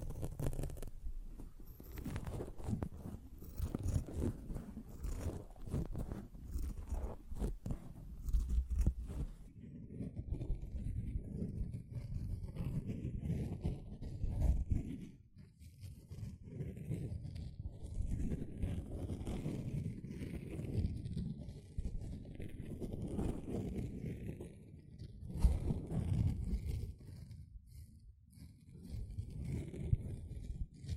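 A sponge being worked by hand. For the first ten seconds there is dense, rapid scratching and brushing with a crisp, hissy edge. After that the sound turns duller and lower, soft squishing and rubbing in uneven strokes, with brief pauses around fifteen and twenty-nine seconds.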